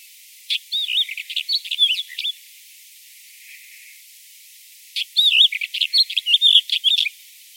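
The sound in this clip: Bird calls: two lively bursts of high twittering, with rapid chirps and looping whistled notes separated by a few seconds of quiet.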